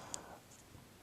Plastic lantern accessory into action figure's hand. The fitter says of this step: edges like this and it kind of locks into place